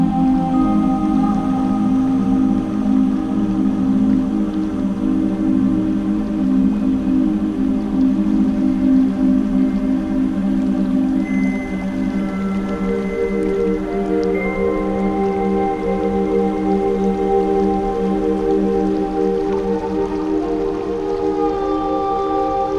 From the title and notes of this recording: Relaxation Music - Water Droplets - Nature Sound - Piano Background.